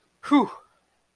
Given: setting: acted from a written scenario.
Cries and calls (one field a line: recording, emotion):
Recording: vocal sound without words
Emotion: relief